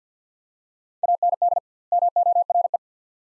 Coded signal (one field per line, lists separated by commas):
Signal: Morse code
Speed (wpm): 50 wpm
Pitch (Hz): 700 Hz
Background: none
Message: AND MORE